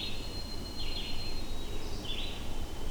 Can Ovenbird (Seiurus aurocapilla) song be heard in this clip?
no